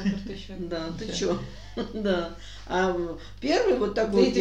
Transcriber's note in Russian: смеются